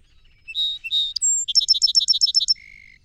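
Song sparrow song: two opening notes, a thin high whistle, then a rapid run of bright chips, closing on a lower, steady tone.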